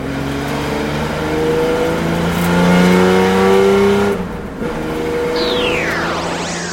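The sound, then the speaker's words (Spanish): A car engine revs hard, its pitch climbing and holding in loud harmonic bands, then drops briefly before rising again with a sweeping, rising whine as it accelerates. “Y así puede que tu coche termine sonando así.”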